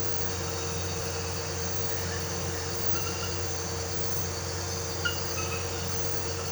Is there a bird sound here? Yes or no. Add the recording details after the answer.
no. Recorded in pastures near Puerto Asís, Putumayo, Colombia, on 13 March 2025 at 00:00. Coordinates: 0.466, -76.322. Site CSA-02